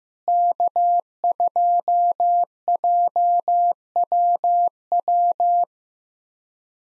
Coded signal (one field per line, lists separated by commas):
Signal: Morse code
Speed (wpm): 15 wpm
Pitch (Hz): 700 Hz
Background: none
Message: K2JWW